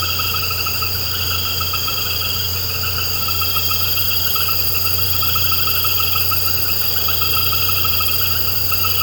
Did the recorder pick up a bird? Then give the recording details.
no. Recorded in pastures near Puerto Asís, Putumayo, Colombia, on 13 March 2025 at 20:00. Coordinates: 0.466, -76.322. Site CSA-02